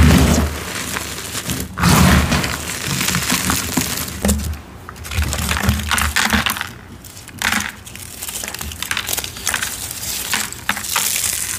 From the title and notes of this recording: EVERY Citric Acid Dyed Gym Chalk Crush I've Done So Far! Satisfying crunchy sounds of gym chalk blocks being crushed by attractive hands.